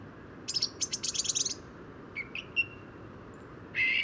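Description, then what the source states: Song thrush song opens with a fast burst of high, sharp notes, then brief whistles and a short rasping phrase, over a steady low rumble. Daybreak, just before 8 am, 1 January 2018, Bois de Vincennes, annual New Year bird count; birds singing in mild weather during storm Carmen; recorded with a parabolic microphone; first songbird recorded of the year.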